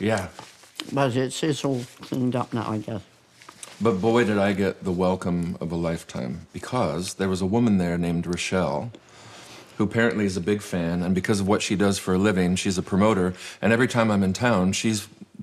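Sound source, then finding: Adult male speaker. Normal voice.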